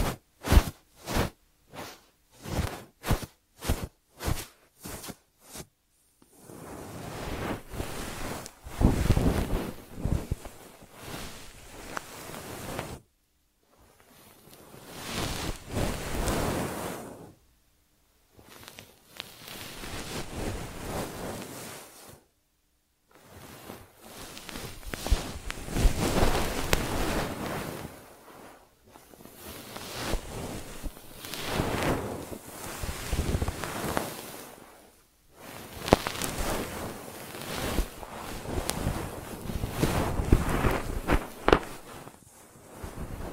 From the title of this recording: ASMR 3D Brain Penetrating Ear Treatment